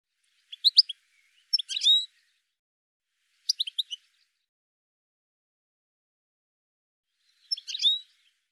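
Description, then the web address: Bird calls: sharp, high chattering notes in short bursts, four clusters separated by silent gaps. "cianscape birddata"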